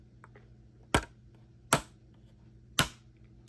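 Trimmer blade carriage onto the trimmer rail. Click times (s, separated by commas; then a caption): 1.0 s, 1.7 s, 2.8 s. A replaceable plastic blade carriage is pushed onto the rail of a paper trimmer, on the side with small nubs. Three sharp clicks are heard at 1.0, 1.7 and 2.8 seconds against a low, steady background hum. The carriage clicks on three times and is confirmed seated on the rail.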